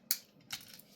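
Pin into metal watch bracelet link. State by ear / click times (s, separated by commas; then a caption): seated / 0.1 s. A metal pin is pushed fully back into a metal watch bracelet link with pliers, giving a sharp, bright click at 0.1 s. A softer metallic tick follows at about 0.5 s. The pin seats home in the link.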